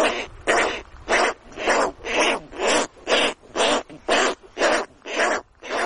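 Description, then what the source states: Petrel chicks giving harsh, raspy calls repeated steadily about twice a second, each a broad noisy burst. Petrel chicks; seabirds.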